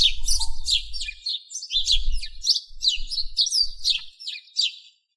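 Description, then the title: Bird song of rapid, high twittering phrases with sharp downslurred notes, delivered almost continuously, with bursts of low rumbling noise. "LuckyPassaros CompletosSama"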